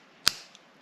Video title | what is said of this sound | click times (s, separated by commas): How To Replace 2016 - 2024 Chevy Camaro Key Fob Battery - Change Chevrolet Remote Fob Batteries | Just snaps right in. | 0.3 s